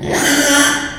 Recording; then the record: squeal of a Yucatan mini pig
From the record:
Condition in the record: after surgery on the right vocal fold (resection and tissue-engineered implant); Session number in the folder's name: 3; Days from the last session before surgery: 33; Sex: male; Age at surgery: 12 weeks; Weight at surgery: 13 kg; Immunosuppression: cyclosporine, prednisolone